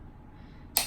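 An Olight H2R headlamp body is pressed into the magnetic mount on its headband. After a quiet stretch with only a faint low background, a single sharp, bright tick sounds at 0.8 s and quickly fades. The lamp body snaps in and is seated in the mount.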